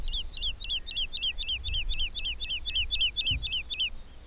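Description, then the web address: Bird song: a steady string of identical hooked whistled notes, roughly four per second, with a low background rumble. "madarak enek"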